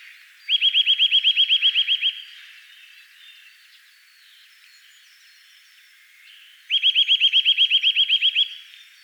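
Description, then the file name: Eurasian nuthatch producing two quick trills of bright upward-swept notes, separated by a pause of several seconds. "Sitta europaea"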